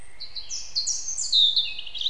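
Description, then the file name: European robin song fragment, a brief rapid run of high, thin twittering notes that rises and then tumbles downward. "Erithacus rubecula"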